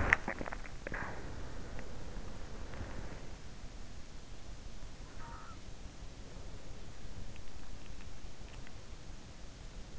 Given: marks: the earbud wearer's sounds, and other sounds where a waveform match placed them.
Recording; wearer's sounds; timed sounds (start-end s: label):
sounds in sleep by an in-ear microphone; swallowing
0.00-1.33 s: swallowing